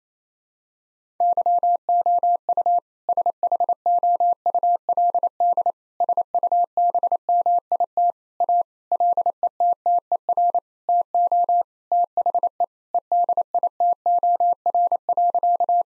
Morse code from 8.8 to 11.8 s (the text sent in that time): LETTER TO